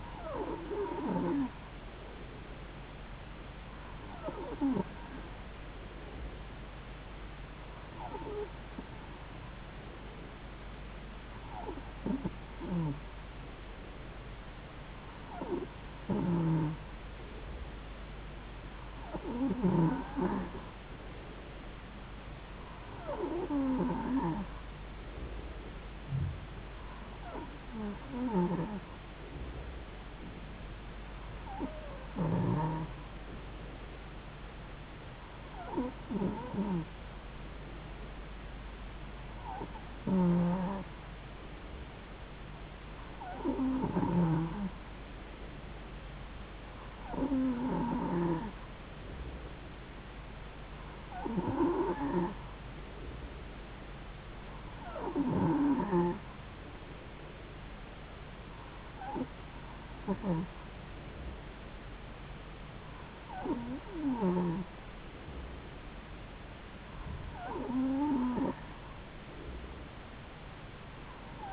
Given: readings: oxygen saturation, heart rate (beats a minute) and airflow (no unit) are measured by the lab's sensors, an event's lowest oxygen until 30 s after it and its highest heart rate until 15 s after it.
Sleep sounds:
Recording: breathing in sleep by a voice recorder at the bedside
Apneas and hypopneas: none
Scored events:
none scored
From the record:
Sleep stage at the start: N2 (light sleep)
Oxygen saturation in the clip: 92 to 93%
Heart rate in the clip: 71 to 74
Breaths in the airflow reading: 18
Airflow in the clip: -3.7 to 2.5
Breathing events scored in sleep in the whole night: 270 in 6.1 hours asleep

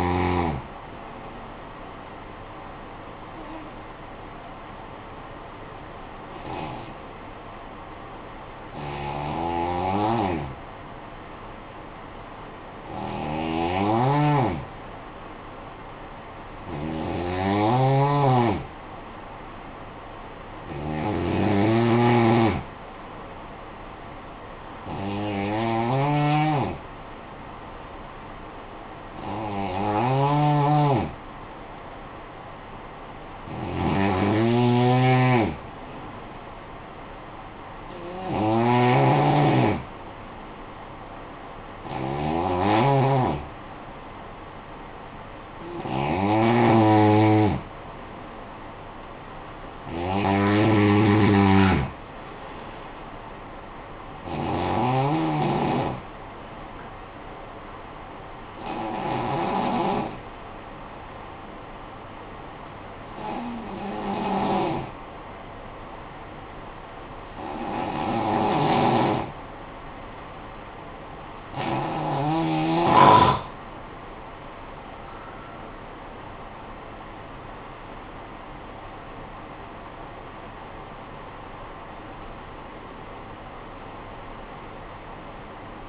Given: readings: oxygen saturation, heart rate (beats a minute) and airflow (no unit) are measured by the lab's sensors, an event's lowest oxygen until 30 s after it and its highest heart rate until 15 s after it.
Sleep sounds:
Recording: breathing in sleep by a voice recorder at the bedside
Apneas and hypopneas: 2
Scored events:
4.00-20.20 s: hypopnea (N2, oxygen 94% highest, then 90% lowest, heart rate 49 at the start, 56 highest)
60.00-75.30 s: hypopnea (N2, oxygen 94% highest, then 87% lowest, heart rate 52 at the start, 66 highest)
From the record:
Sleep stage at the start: N2 (light sleep)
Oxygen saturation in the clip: 88 to 94%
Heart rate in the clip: 49 to 66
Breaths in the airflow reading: 21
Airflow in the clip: -11.9 to 14.0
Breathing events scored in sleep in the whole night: 445 in 7.6 hours asleep

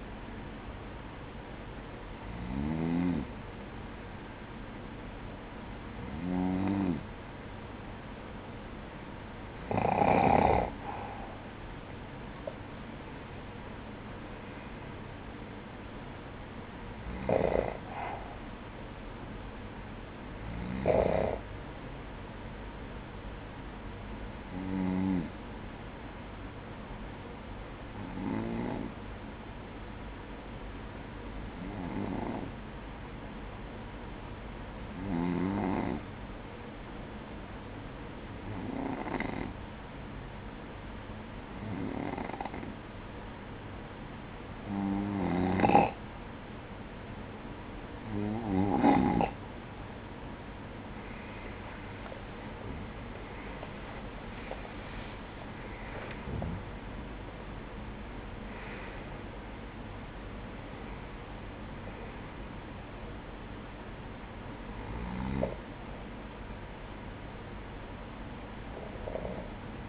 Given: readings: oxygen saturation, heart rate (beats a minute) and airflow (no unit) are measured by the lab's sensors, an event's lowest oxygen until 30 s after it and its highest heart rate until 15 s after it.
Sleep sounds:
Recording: breathing in sleep by a voice recorder at the bedside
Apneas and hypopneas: 1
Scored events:
22.00-52.50 s: hypopnea (N2, oxygen 96% highest, then 93% lowest, heart rate 56 at the start, 73 highest)
From the record:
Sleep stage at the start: N2 (light sleep)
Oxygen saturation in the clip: 94 to 97%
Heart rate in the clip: 54 to 73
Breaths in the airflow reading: 20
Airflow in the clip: -12.7 to 9.9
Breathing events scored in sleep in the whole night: 180 in 6.7 hours asleep

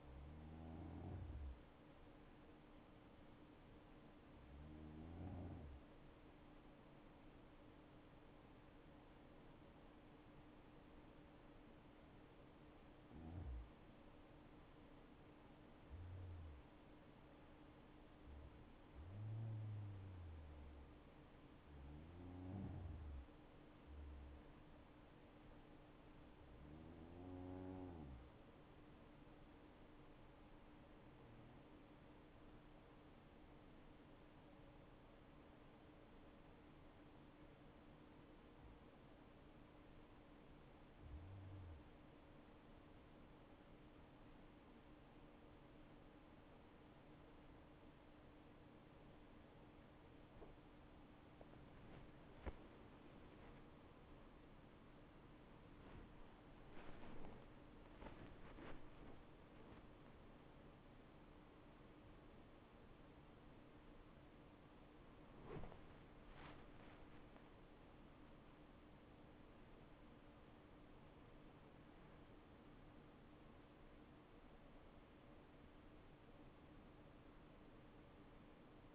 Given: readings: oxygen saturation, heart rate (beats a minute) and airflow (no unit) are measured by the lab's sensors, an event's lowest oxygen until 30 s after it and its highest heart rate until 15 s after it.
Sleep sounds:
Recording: breathing in sleep by a voice recorder at the bedside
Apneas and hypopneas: 2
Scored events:
4.00-15.80 s: hypopnea (N2, oxygen 96% highest, then 92% lowest, heart rate 74 at the start, 76 highest)
28.00-41.60 s: hypopnea (N2, oxygen 95% highest, then 91% lowest, heart rate 68 at the start, 88 highest)
53.00-78.95 s: new sleep stage, awake
56.00-78.95 s: awake
From the record:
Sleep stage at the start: N2 (light sleep)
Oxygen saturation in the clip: 91 to 97%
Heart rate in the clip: 45 to 98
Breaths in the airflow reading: 18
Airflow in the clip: -11.5 to 10.9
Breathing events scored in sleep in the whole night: 228 in 5.4 hours asleep

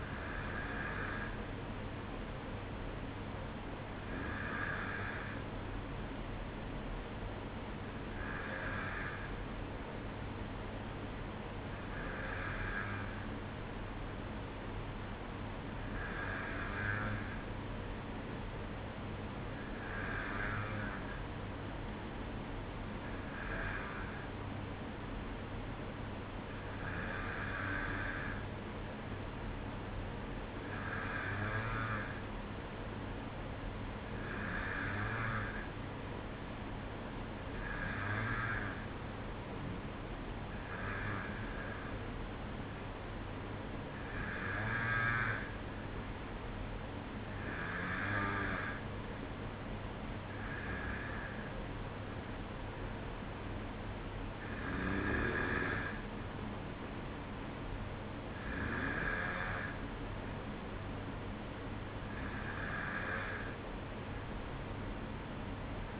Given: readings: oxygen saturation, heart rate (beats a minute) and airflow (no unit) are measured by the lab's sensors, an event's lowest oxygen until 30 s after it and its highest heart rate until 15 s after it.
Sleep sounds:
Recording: breathing in sleep by a voice recorder at the bedside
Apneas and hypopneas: none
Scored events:
none scored
From the record:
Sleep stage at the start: N1 (lightest sleep)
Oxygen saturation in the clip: 92 to 94%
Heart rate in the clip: 54 to 58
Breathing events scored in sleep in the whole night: 305 in 9.6 hours asleep

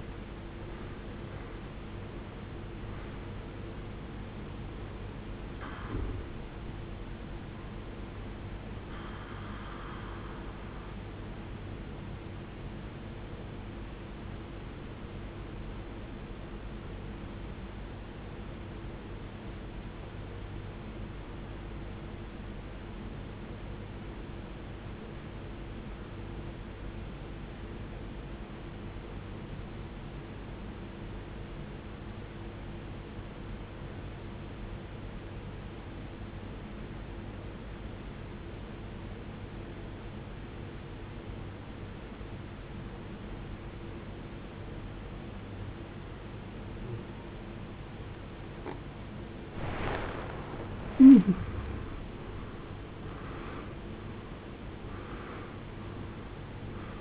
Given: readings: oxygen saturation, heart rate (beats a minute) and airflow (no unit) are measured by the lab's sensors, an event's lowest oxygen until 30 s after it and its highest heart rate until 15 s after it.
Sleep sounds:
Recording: breathing in sleep by a voice recorder at the bedside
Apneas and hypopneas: 1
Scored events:
17.00-48.60 s: obstructive apnea (N1, oxygen 95% highest, then 80% lowest, heart rate 52 at the start, 74 highest)
26.00-56.00 s: new sleep stage, N2 (light sleep)
56.00-57.01 s: new sleep stage, N1 (lightest sleep)
From the record:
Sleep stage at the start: N1 (lightest sleep)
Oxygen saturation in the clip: 81 to 95%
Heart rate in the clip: 51 to 78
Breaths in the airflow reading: 7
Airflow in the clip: -20.1 to 16.4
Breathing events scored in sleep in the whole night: 389 in 6.3 hours asleep

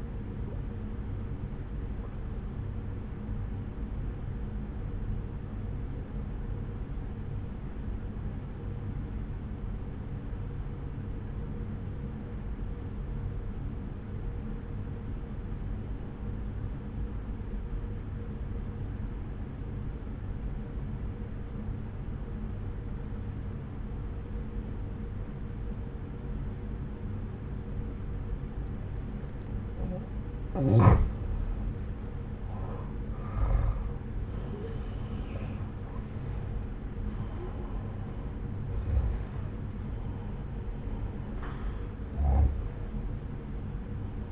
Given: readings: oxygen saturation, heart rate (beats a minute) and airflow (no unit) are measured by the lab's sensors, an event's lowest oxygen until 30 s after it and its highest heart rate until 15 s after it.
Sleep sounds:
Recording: breathing in sleep by a smartphone at the bedside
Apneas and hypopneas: 1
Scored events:
4.00-31.10 s: obstructive apnea (N1, oxygen 95% highest, then 86% lowest)
17.00-44.32 s: new sleep stage, N2 (light sleep)
From the record:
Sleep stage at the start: N1 (lightest sleep)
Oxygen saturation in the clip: 86 to 95%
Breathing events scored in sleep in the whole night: 303 in 8.1 hours asleep

